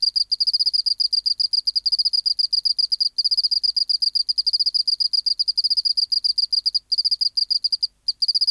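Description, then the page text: Oceanic field cricket chirping in quick pulsed bursts of rapid pulses, with a few short breaks near the end; quiet background. Museum specimen in the BMNH Acoustic Laboratory, 19 March 1984, 11:15 local time, 24 °C, 30% humidity, still air, dim light. "412:14 Teleogryllus oceanicus (514r2). BioAcoustica. Natural History Museum Sound Archive. Recording Location: BMNH Acoustic Laboratory Recorded by: W. J. Reynolds Date Recorded: Mandag, marts 19, 1984 Local time: 1115"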